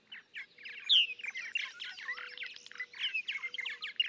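Purple martin song: dense, busy stream of gurgling, croaking and whistled notes, with one louder clear note near the start.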